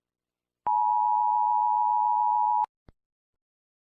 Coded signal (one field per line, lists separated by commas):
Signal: Emergency Alert System (SAME) tones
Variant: 853 and 960 Hz attention tone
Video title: Tonjopian eas alarm